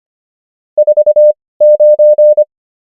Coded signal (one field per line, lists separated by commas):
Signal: Morse code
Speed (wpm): 25 wpm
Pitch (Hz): 600 Hz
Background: none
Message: 49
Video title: morse code practice | 25wpm | 18fw | numbers | ENGLISH